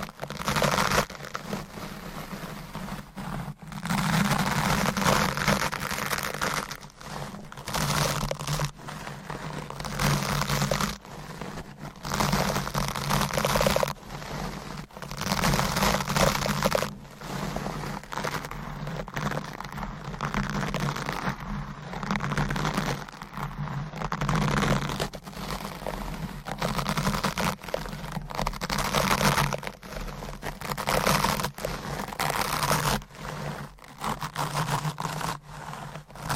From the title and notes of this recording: Mic Scratching ,Tapping,Brushing & Massage -No Talking.